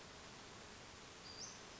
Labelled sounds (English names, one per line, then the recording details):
Western Flycatcher
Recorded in Sonoma County, California